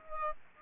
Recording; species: mosquito wingbeat signal from an infrared sensor; Aedes aegypti